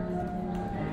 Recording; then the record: background sound without coughing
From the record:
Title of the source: 60 minutes of coffee shop sounds for study and concentration